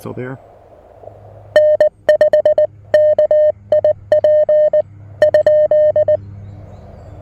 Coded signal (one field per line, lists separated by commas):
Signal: Morse code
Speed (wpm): 19 wpm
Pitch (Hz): 590 Hz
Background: speech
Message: N5KIP ?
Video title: A Quick QRP POTA Activation with the Mountain Topper MTR-4B V2!